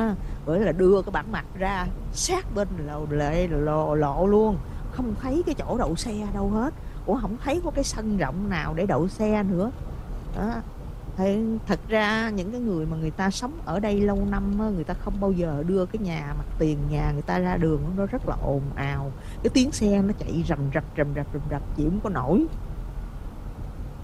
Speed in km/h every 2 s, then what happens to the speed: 52, 52, 53, 52, 50, 52, 52, 50, 52, 53, 55, 52.
0-24 steady at about 52.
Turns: none.